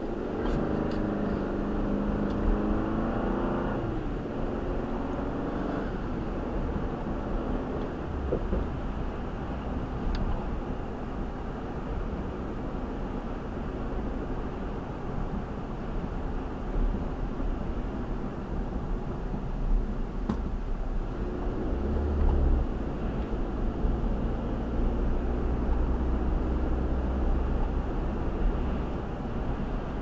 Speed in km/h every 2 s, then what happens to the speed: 45, 55, 63, 66, 66, 66, 68, 68, 61, 52, 55, 60, 64, 69, 71.
0-6 speeds up to 66. 6-15 steady at about 66. 15-18 brakes to 52. 19-30 speeds up to 71.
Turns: none.